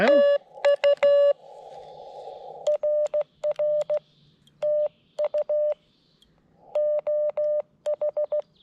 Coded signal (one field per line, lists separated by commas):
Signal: Morse code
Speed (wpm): 16 wpm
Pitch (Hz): 590 Hz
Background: none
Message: TU RR TU OH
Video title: CW POTA at K-5322 Sugar Hill State Forest with the FX-4CR transceiver